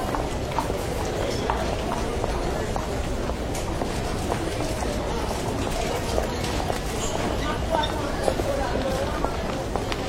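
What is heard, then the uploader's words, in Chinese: Airport waiting hall ambience: a steady, dense wash of crowd chatter with scattered footsteps and occasional sharp clicks and knocks throughout. 机场候机大厅环境音。上海浦东国际机场候机室氛围声音。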